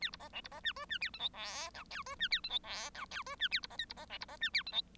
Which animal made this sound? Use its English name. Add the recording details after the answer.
Bengalese Finch. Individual Bird1